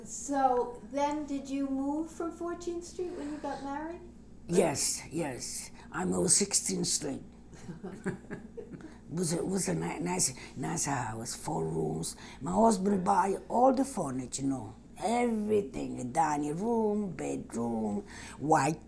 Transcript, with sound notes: So then did you move from 14th Street when you got married?
Yes, yes. I moved 16th Street. ( they laugh ) It was a nice house, four rooms. My husband buy all the furniture, everything, a dining room, bedroom, white